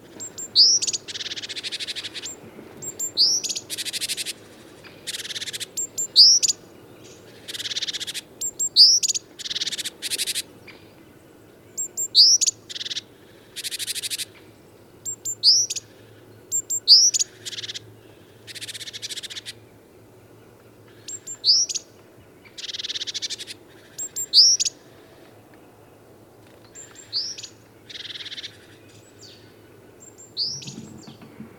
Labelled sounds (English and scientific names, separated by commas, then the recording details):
Great Tit (Parus major) call
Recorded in the wild
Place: Hanshagen, Mecklenburg-Vorpommern, DE
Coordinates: 53.444, 11.28
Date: 1975-03-22
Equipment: Nagra III BH, Sennheiser MD 21, parabola
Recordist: Schubert, Michael